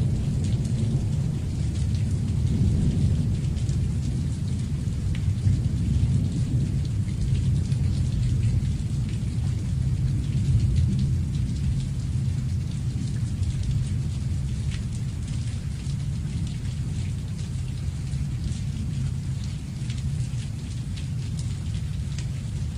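Rain falls steadily throughout, a dense, even hiss with a heavy low rumble underneath and faint scattered drop ticks on top.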